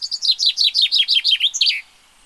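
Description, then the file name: Common chaffinch song: a quick run of bright descending notes ending in a sharp flourish, then silence. "Fringilla coelebs"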